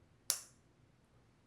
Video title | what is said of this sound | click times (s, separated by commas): HOW TO USE CLIPPERS- BEGINNER BARBER TIPS - BARBER TOOLS | that you hear the snap i want you to listen to hear this snap | 0.3 s